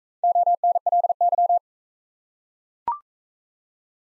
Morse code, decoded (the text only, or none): ONLY